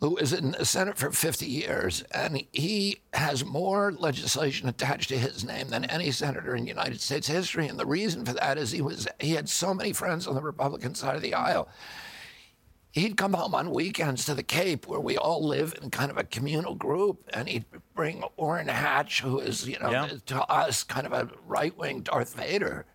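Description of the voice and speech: Adult male speaking in connected speech with a gravelly, strained voice and brief voice breaks. Spasmodic dysphonia (spasmodic dystonia), a neurological disorder that followed an injury in 1996, at age 42. Neurological signals make the vocal cords tighten constantly. Surgery about 8 months earlier has made the voice more reliable, and it grows stronger with use.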